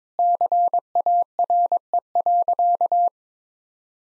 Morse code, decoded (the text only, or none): CARE.